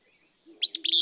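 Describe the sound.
Willow flycatcher song: one sharp, burry two-part phrase, a quick rising note followed by a longer buzzy slur, after a brief quiet lead-in.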